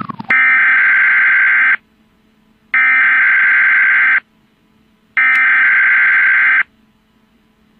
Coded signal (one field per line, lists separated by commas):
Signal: Emergency Alert System (SAME) tones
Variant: header bursts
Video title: EAS Troll Warning